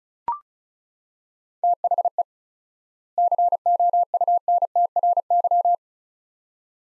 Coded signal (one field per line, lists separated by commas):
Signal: Morse code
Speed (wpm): 36 wpm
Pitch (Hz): 700 Hz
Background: none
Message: THE COUNTRY